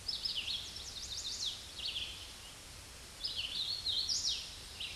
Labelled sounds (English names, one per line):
Hooded Warbler song